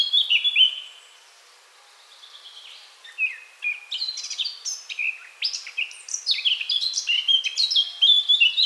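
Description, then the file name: Eurasian blackcap song: a brief whistled phrase opens, then a quiet gap before a long, rapid, scratchy and twittering warble runs to the end. "Sylvia atricapilla"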